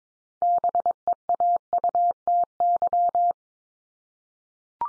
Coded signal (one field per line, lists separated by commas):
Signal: Morse code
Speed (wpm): 22 wpm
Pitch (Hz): 700 Hz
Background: none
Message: BEAUTY